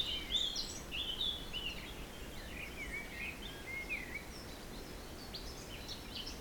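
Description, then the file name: Birds give short whistled phrases and upslurred notes, clearest early on and fading later, with a constant wind rush underneath. Forest in spring, windy at Beaufort force 3, recorded at 1 pm. "Forest Spring Birds Windy 3 bft 1 pm"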